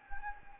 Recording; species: mosquito wingbeat signal from an infrared sensor; Anopheles gambiae